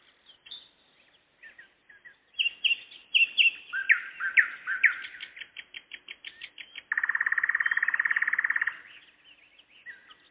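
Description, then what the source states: Nightingale singing varied chirps and slurs, building to a long, fast, even rattle of repeated notes near the end. Singing in the evening, 11 May 2014.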